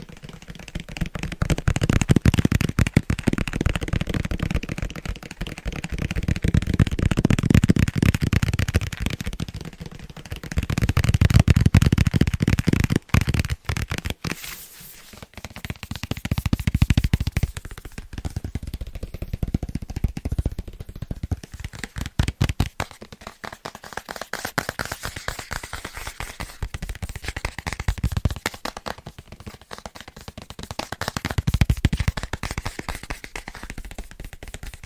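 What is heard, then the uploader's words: Quick, tingly tapping on book spines fills the recording, with fingertips drumming in dense, rapid bursts. The taps swell and fade in waves every few seconds, with soft low thumps underneath and crisp clicks on top. ASMR Fast And Tingly Tapping On Book Spines (No Talking).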